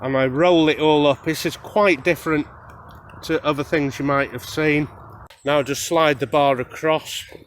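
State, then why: Not seated. Someone talks while rolling up the open top of a hydration bladder and beginning to slide its plastic slide-lock closure bar across the opening. The clip ends before the bar locks into place; nothing has seated yet.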